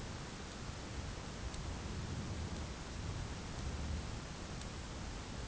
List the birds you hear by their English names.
none